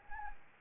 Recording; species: mosquito wingbeat signal from an infrared sensor; Anopheles gambiae